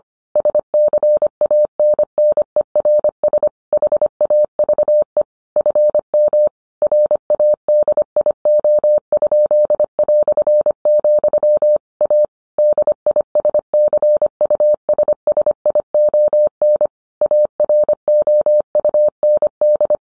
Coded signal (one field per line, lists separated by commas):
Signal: Morse code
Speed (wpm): 25 wpm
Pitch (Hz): 600 Hz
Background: none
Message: SCANNERS HAVE FM RADIO?", A DISCUSSION AROUND